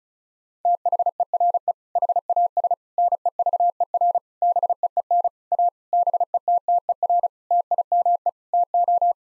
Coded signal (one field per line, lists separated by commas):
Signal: Morse code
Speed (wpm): 34 wpm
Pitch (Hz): 700 Hz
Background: none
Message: THERE HAS NEVER BEEN A BETTER TIME TO